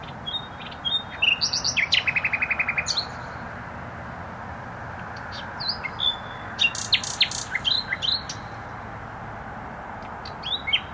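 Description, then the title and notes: Nightingale singing varied phrases, including a rapid run of repeated mid-pitched notes and sharp whistled flicks. Singing in bushes close to a noisy motorway, Trasa Toruńska, Bródno-Podgrodzie, Warsaw, Poland; recorded with an Olympus LS-11. "Bródno-Podgrodzie, Warszawa, Polska - Trasa Toruńska Nightingale. Recording nightingale singing in bushes close to noisy motorway"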